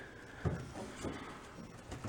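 The metal drive linkage rod on an old 1962 Homko snowblower is turned so the drive engages, with a few low knocks of the rod moving. A sharp click at 2.0 s marks the linkage seating, and the snowblower is confirmed in drive.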